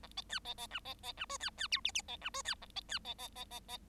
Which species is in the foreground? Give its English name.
Bengalese Finch